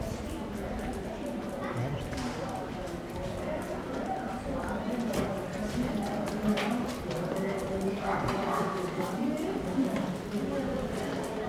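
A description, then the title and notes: A soundwalk at Porto Antico in Genova, filled with a steady murmur of many overlapping voices in conversation. Scattered clicks and knocks, like footsteps or hooves on pavement, pop out throughout, with a few louder ones around six to nine seconds. Soundwalk at Porto Antico in Genova with my dog Lungo. By Alessandro Massobrio.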